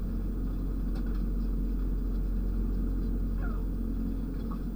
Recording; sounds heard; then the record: poultry house recording; sick chickens (respiratory disease)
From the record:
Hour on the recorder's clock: 0